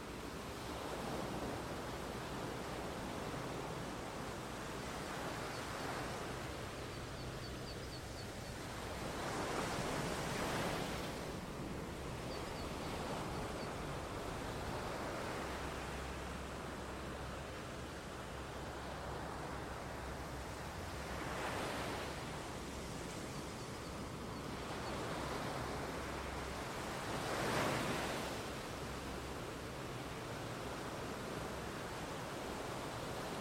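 Rain and waves on Skye make a dense, steady wash of hiss across the whole clip. Brighter surges swell and fade around 10, 22 and 27 seconds like breaking waves, over a low, rumbling undertone that hums on and off.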